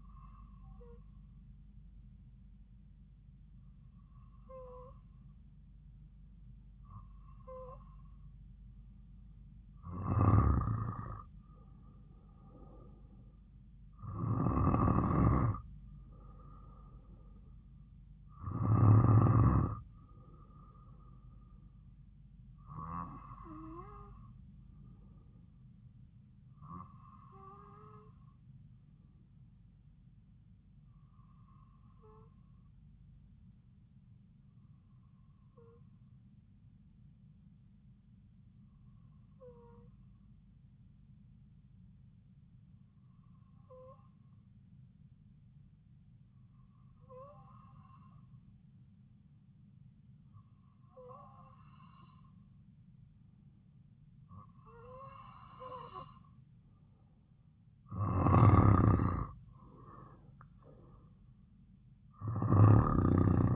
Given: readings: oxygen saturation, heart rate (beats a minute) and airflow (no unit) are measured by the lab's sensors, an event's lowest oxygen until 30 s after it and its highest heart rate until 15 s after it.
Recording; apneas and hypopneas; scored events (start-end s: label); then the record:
breathing in sleep by a smartphone at the bedside; 1
32.00-55.20 s: hypopnea (N2, oxygen 96% highest, then 91% lowest)
From the record:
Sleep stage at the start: N2 (light sleep); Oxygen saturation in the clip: 92 to 96%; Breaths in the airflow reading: 16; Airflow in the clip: -5.1 to 5.0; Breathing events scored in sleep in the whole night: 270 in 6.1 hours asleep